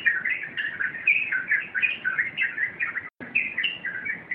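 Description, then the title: Yellow-vented bulbul giving rapid, lively chirping notes in a steady run. The sound briefly drops out just after three seconds. Wild bird. "Master Burung Jos"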